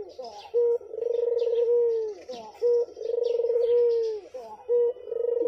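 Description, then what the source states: Barbary dove giving a brief coo followed by a drawn-out vibrating coo, the pair repeated about every two seconds. White Barbary dove; training (masteran) song for songbirds.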